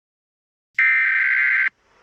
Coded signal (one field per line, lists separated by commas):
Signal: Emergency Alert System (SAME) tones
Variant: header bursts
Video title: EAS SCENARIO 26: Yarnaby's Rampage